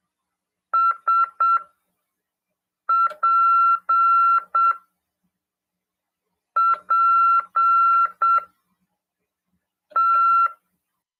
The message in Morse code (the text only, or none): SPPT